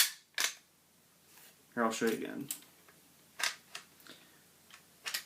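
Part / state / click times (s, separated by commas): rifle operating rod/bolt locking back in the receiver / partly seated / 3.8 s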